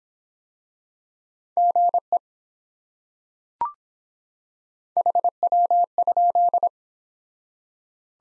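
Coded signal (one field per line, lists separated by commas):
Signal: Morse code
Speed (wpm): 25 wpm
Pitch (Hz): 700 Hz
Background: none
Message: GE HW?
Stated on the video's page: Morse practice at 17wpm in Speed-Racing format, starting at 1.5 times base speed and slowing; final repeat at maximum speed.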